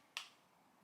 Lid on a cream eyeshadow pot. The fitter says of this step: when it really is fully closed it will click I don't know if you can hear that but if